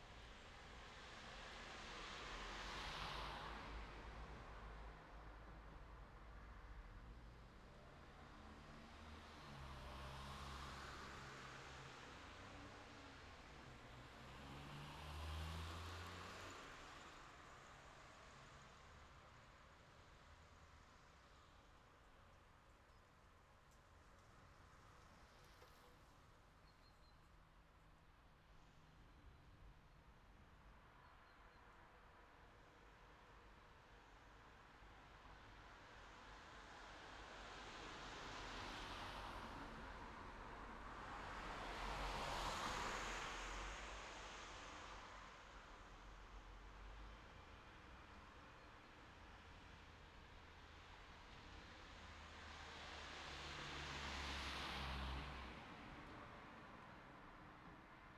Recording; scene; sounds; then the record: everyday scene through a hearing-aid microphone; in traffic; traffic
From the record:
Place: city secondary road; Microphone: in the ear canal, left